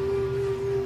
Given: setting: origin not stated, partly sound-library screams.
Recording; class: one-second piece from a danger detection set; normal situation